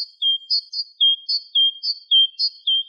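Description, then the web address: Great tit singing a repeated two-note phrase, a high note dropping to a slightly lower sustained note, about twice a second, clear and unaccompanied. "Parus major"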